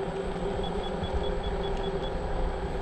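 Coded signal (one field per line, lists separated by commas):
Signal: none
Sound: scooter's beeps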